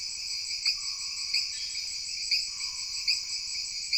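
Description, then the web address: Jungle insects in a high ringing chorus, with several sharp pulses arriving unevenly over a soft lower sustained hum. Jungle background ambience of insects with frogs. "Sony Pictures Sound Effects Series Backgrounds Jungle Insects With Frogs"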